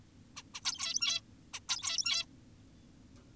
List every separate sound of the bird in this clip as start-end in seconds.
0.37-0.43, 0.54-0.61, 0.65-1.21, 1.54-1.60, 1.69-2.25